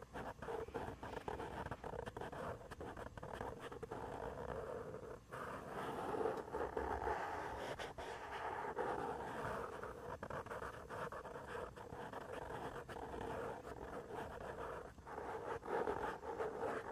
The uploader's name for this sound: ASMR brain scratch // mic touching // head and back scratcher